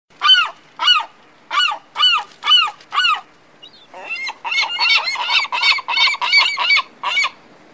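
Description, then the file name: Gull calls: harsh, nasal yelping notes repeated about twice a second, then a faster, denser run of many calls. "sea gulls sound"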